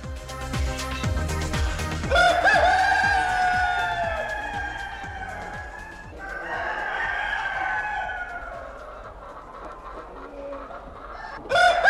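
A rooster gives a loud, drawn-out crow that rises and wavers before trailing off, preceded by a few sharp clicking sounds, with no one speaking.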